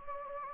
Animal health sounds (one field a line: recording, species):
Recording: mosquito wingbeat signal from an infrared sensor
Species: Anopheles gambiae